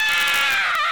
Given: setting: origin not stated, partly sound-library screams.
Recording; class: one-second piece from a danger detection set; woman in danger